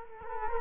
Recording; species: mosquito wingbeat signal from an infrared sensor; Culex quinquefasciatus